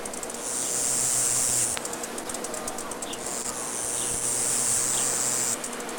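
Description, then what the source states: Cricket chirping, a high shrill trill sustained for over a second, dropping into quick pulses, then returning, with faint hiss and a low hum beneath. Recorded outdoors.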